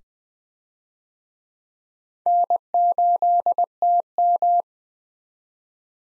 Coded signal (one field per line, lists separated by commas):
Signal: Morse code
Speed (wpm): 21 wpm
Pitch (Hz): 700 Hz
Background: none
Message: N8TM